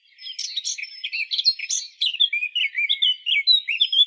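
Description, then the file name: Eurasian blackcap song throughout, a hurried jumble of chattering and fluty warbled notes with sharp high accents, no pauses. "Sylvia atricapilla"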